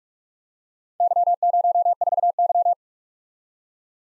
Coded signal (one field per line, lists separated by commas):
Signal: Morse code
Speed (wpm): 51 wpm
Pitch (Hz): 700 Hz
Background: none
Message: Y04Y